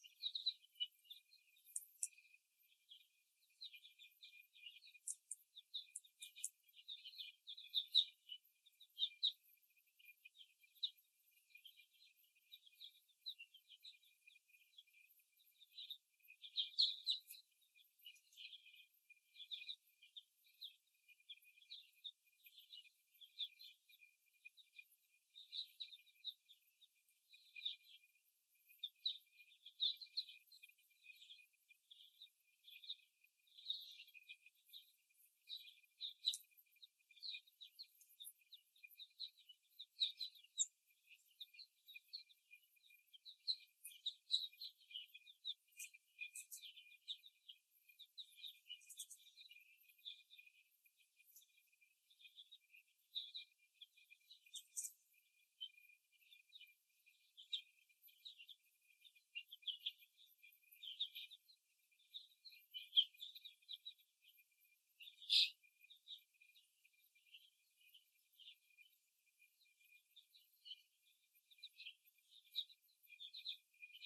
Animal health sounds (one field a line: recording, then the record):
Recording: young laying hens in a cage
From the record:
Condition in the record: before the stressor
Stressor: simulated dog barking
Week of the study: 1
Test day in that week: 2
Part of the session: 1